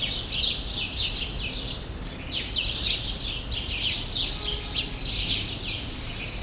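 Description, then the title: Group of sparrows chirping busily, quick tweets and short descending notes tumbling over each other against soft background rumble. Sparrows still present in the small remaining part of a large grove, Rue Saint-Jean Népomucène, Brussels, Belgium; recorded with Earsight V2 AB microphones into a Zoom F3. "Rue Saint-Jean Népomucène 13, 1000 Bruxelles, Belgique - Sparrows - Moineaux"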